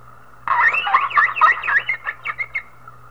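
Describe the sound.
Whale giving a burst of squealing, warbling whistles that bend up and down, becoming shorter separate squeaks toward the end, over a steady low hum.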